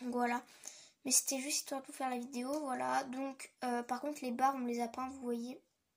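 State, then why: Not seated. A bar piece from a freshly delivered assembly kit is being handled, about to be clipped onto a frame or support. Someone talks throughout, and nothing has seated or clicked yet.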